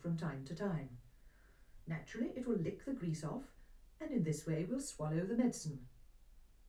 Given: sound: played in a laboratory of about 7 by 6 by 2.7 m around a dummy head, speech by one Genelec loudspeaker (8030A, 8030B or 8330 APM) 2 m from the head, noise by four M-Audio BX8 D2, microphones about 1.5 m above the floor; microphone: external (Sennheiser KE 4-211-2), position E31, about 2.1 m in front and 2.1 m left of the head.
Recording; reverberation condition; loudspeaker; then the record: female speech in English; low; 150 degrees to the left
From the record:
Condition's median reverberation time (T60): about 310 ms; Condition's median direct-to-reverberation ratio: about 3.5 dB